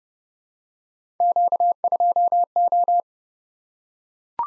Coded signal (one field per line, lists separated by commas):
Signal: Morse code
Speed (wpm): 30 wpm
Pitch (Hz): 700 Hz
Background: none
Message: Q2O